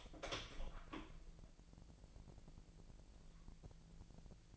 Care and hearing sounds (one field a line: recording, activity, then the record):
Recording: daily activity, microphone in the room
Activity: open door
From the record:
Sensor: 5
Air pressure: 1001.4 hPa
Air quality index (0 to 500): 248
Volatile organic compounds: 35 ppm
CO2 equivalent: 3055 ppm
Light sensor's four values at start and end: 38/87/35/34 and 37/86/35/33